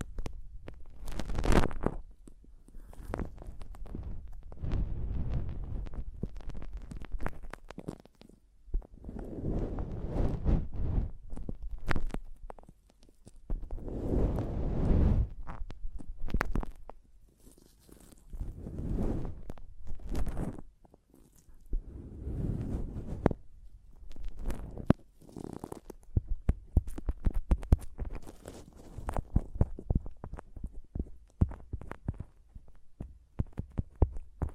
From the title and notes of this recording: ASMR Mic Tapping and Scratching (No Talking).